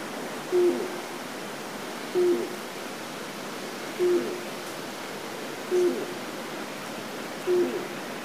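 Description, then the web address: Japanese night heron repeating a low, soft hoot five times, each note roughly one and a half to two seconds apart, over steady background hiss. "izumino saunndo mizogoi"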